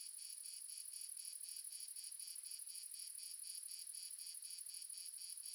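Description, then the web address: Many crickets chirp together, high-pitched rapid pulses repeating roughly four times per second in a regular, unbroken shimmer. Ambience of multiple crickets, recorded in the south of France. "Sonniss com - GDC 2017-Game Audio Bundle Red Sonic - Crickets and Frogs amb crickets multiple south france"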